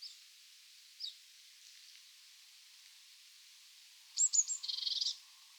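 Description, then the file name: Eurasian blue tit call near the end, a few sharp high notes then a short buzzy churring rattle, after a few faint scattered chips over quiet background hiss. "Cyanistes caeruleus"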